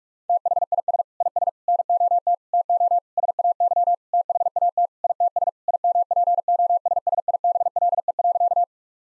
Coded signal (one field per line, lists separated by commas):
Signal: Morse code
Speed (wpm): 46 wpm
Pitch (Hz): 700 Hz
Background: none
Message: THIS IS NOT TO SAY THAT ITS IMPOSSIBLE.